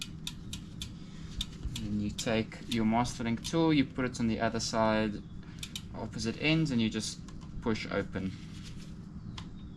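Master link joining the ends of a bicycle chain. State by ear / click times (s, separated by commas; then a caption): seated / 9.4 s. Master link pliers are placed on opposite ends of a bicycle chain's metal master link and pushed open while someone talks, with a few short ticks near the start. A single short click at 9.4 s marks the master link snapping into place, seated and joining the ends of the chain.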